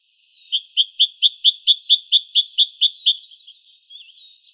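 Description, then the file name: Great tit giving a quick series of many sharp, ringing high notes in steady rhythm, followed by a few faint softer notes. "Parus major"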